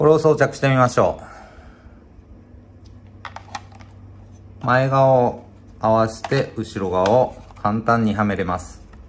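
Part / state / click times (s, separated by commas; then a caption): plastic landing gear extension clipped onto a small drone's body / not seated / none. Someone talks while a plastic landing-gear extension is lined up at the front of a small Mavic Air 2 drone's body, ready to be pushed onto the back. A few faint, sharp plastic taps and clicks are heard around 2.9 to 3.8 seconds as the part is handled. Nothing has seated or clicked into place yet.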